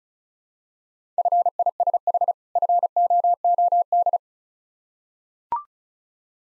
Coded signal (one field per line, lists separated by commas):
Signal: Morse code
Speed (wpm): 36 wpm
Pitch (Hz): 700 Hz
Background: none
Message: FISH FOOD